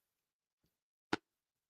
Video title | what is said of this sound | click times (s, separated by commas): Inspiring Inkin' Online Scrapbook Retreat Launch | you'll be able to hear. Can you hear that snap? | 1.1 s